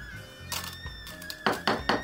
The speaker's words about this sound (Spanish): Y no, buscamos una cuchara. Vamos a poner un poquito de yerba con la cucharita.